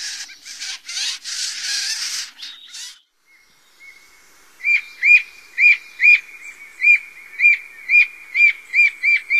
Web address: Songs of Birds of North America Stokes. Gray Jay